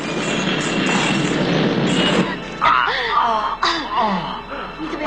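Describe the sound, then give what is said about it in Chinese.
A bomb explodes at a department store as two people run out, roaring as a dense, loud wash of noise for about two seconds, then giving way to agitated shouting voices over lingering rumble. “在两人奔出百货公司的最后一刻，炸弹爆炸了”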